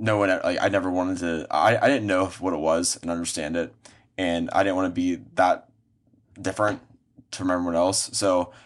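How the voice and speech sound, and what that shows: A low-pitched 20-year-old man who stutters speaks in bursts broken by silent, stuck-sounding gaps mid-phrase, with a creaky repeated "I" and drawn-out sounds at the end. These are stuttering blocks, where speech stops despite effort; he repeats sounds less than many who stutter. He has had cognitive behavioural therapy for anxiety related to his stutter.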